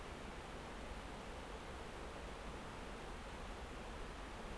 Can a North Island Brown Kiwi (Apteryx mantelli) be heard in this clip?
no